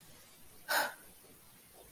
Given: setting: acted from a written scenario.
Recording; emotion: vocal sound without words; anger